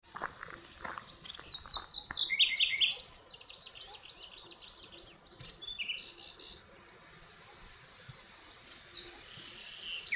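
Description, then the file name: Common nightingale song: fast strings of sharp, whistled high notes and rapid repeated chips for three seconds, followed by quieter scattered phrases and trills over steady background hiss. "Luscinia megarhynchos"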